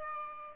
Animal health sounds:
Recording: mosquito wingbeat signal from an infrared sensor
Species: Aedes albopictus

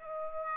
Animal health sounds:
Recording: mosquito wingbeat signal from an infrared sensor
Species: Aedes aegypti

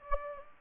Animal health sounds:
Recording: mosquito wingbeat signal from an infrared sensor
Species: Anopheles gambiae

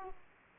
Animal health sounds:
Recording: mosquito wingbeat signal from an infrared sensor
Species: Aedes aegypti

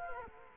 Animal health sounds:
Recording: mosquito wingbeat signal from an infrared sensor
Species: Culex quinquefasciatus

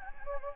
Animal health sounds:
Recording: mosquito wingbeat signal from an infrared sensor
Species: Anopheles gambiae

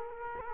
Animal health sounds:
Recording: mosquito wingbeat signal from an infrared sensor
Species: Culex quinquefasciatus

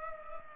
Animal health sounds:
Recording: mosquito wingbeat signal from an infrared sensor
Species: Culex pipiens

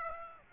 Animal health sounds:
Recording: mosquito wingbeat signal from an infrared sensor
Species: Aedes aegypti

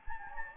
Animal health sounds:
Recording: mosquito wingbeat signal from an infrared sensor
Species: Anopheles gambiae

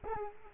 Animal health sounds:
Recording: mosquito wingbeat signal from an infrared sensor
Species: Culex quinquefasciatus

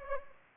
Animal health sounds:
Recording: mosquito wingbeat signal from an infrared sensor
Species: Anopheles arabiensis

